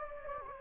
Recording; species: mosquito wingbeat signal from an infrared sensor; Anopheles gambiae